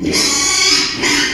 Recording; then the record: squeal of a Yucatan mini pig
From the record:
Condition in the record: after surgery on the right vocal fold (resection and tissue-engineered implant); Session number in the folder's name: 2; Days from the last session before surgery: 13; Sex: male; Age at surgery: 12 weeks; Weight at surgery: 13 kg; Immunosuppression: cyclosporine, prednisolone